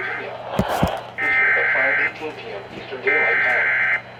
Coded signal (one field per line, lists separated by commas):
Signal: Emergency Alert System (SAME) tones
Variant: header bursts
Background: speech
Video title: SVR on 5 stations (7/18/23) EAS 1767-1771